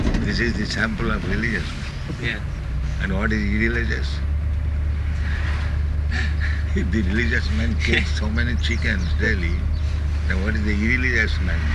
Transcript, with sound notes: This is the sample of religious man. And what is irreligious? [chuckles] If the religious men kill so many chickens daily, then what is the irreligious man